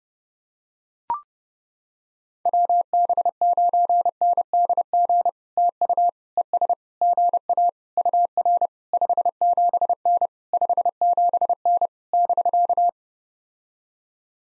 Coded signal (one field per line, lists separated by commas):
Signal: Morse code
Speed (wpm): 30 wpm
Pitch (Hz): 700 Hz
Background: none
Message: WB9NDG TU ES GA UR 57N 57N <BK>